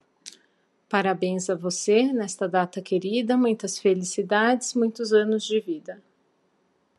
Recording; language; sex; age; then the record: short text; Brazilian Portuguese; female; 40 to 49 years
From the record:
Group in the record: control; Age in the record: 46 years